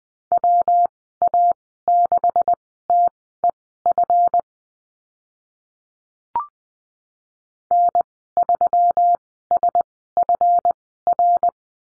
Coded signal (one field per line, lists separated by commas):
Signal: Morse code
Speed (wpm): 20 wpm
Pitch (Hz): 700 Hz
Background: none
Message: WA6TEF N3SFR